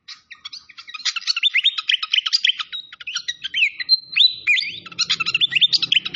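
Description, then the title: Malaysian pied fantail song: quick jumbled chirps mixed with whistled rising and falling slurs, a faint low rumble late in the passage. Training (masteran) song with a clear voice, mixed with the sound of gurgling water. "Masteran Sikatan Kipas Suara Jernih Dan Suara Gemericik Air"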